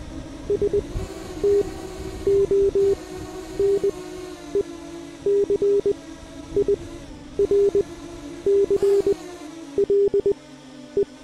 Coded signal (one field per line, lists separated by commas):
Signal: Morse code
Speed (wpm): 20 wpm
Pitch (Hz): 400 Hz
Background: none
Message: STONECIRCLE